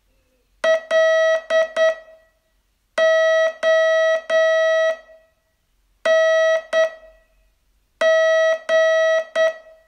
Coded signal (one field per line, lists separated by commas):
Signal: Morse code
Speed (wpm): 9 wpm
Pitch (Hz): 640 Hz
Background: none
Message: LONG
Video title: Learn Morse in 42 Days from VU2LAU - day 25